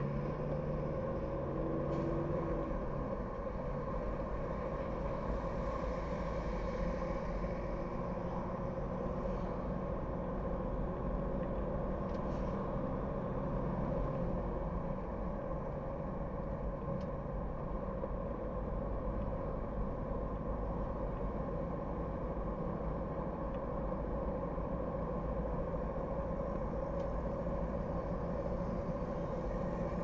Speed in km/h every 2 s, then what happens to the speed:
48, 55, 55, 61, 63, 66, 69, 69, 65, 64, 64, 67, 68, 71, 71.
4-11 speeds up to 69. 11-20 steady at about 65. 20-30 speeds up to 71.